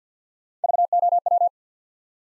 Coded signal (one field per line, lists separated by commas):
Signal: Morse code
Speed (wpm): 50 wpm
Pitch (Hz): 700 Hz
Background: none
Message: VOW